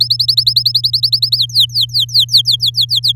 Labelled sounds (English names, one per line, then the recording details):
Domestic Canary song
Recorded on 8 May 2018 at 14:58
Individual llb16